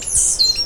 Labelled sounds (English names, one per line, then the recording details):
Stitchbird song
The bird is a male
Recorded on Tiritiri Matangi Island, New Zealand, in 2005
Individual 10, of nest box 12